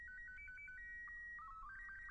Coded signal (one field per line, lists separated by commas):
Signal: SSTV (slow-scan television)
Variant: Robot 24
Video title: Duna SSTV hill location via rover